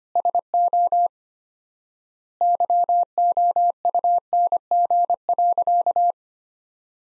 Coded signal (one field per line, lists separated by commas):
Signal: Morse code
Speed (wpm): 25 wpm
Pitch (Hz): 700 Hz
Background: none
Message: SO YOUNG.